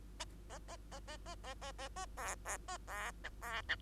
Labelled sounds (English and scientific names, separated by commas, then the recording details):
Bengalese Finch (Lonchura striata domestica) song
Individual Bird2